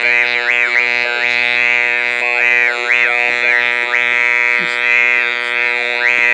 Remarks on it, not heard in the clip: Using the electrolarynx. First, with it held in front of my lips.